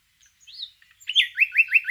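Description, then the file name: Common nightingale song: soft faint notes, then loud, rapidly repeated whistled chirps. "Luscinia megarhynchos"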